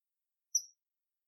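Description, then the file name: Common kingfisher uttering one brief, shrill whistled note, high and thin, fading within a fraction of a second, otherwise quiet. Recorded 22 July 2022 at Eura. "Alcedo atthis Eura 220722"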